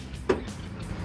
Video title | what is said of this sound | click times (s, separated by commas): 2009-2014 F-150 Factory Style Fender Flares Review & Install | Juste là, vous avez entendu le claquement, donc c'est toujours bon signe. Vous savez que c'est verrouillé. | 0.3 s